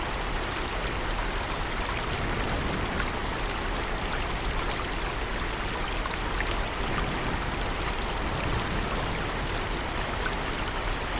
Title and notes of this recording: Rainy Retreat In A Lush Forest With Relaxing Rain, Flowing River & Nature Sounds. The raindrops delicately caressing vibrant green leaves, forming tiny rivulets that meander and join to become a tranquil river